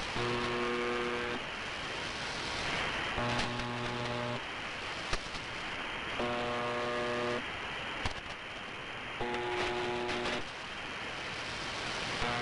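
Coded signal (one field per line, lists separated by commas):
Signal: channel marker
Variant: UVB-76 (The Buzzer)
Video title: More MDZhB-UVB-76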